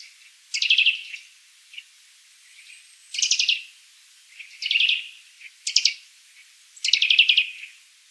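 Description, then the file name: Eurasian nuthatch uttering downward-sliding notes, some doubled or stuttered, at irregular intervals. "Sitta europaea"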